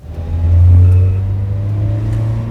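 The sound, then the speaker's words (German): A car engine revs up with a deep, steady low rumble that swells, then settles into a sustained drone as the vehicle pulls away, with no voices present. “Fahren Sie mich hier weg”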